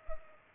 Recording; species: mosquito wingbeat signal from an infrared sensor; Culex pipiens